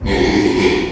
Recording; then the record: squeal of a Yucatan mini pig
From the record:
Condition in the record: after surgery on the right vocal fold (resection and tissue-engineered implant); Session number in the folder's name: 2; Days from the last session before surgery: 13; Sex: male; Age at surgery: 12 weeks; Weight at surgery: 13 kg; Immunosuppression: cyclosporine, prednisolone